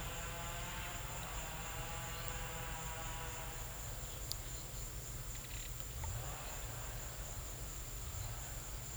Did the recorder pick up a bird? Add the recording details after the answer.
no. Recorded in pastures near Puerto Asís, Putumayo, Colombia, on 26 December 2024 at 14:00. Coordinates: 0.472, -76.329. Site G072